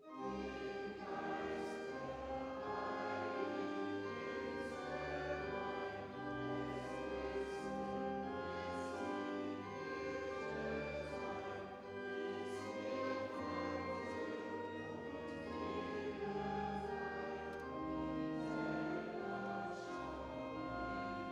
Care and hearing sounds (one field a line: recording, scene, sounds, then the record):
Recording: everyday scene through a hearing-aid microphone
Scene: reverberant space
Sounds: music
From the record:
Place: church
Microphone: in the ear canal, right